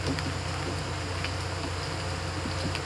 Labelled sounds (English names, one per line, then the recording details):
none
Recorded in pastures near Puerto Asís, Putumayo, Colombia, on 12 March 2025 at 09:00
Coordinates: 0.466, -76.322
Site CSA-02